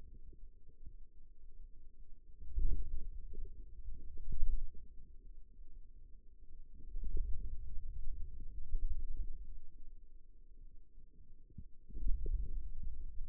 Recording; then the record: forearm muscle sounds (acoustic myography)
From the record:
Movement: wrist extension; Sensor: system 2, bracelet of six BSWA MPA416 microphones around the upper forearm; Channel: 3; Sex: male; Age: 22 years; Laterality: right